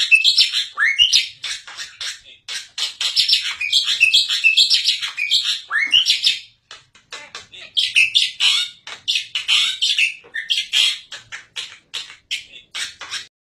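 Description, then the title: Black-winged myna song: busy, jumbled run of scratchy notes, chirps and rising whistles, delivered in long dense bursts separated by brief gaps. Dense, varied, persistent singing, used as a training recording (masteran) for captive songbirds. "Kicauan Rapat Jalak Putih Gacor Banyak Variasi Untuk Masteran"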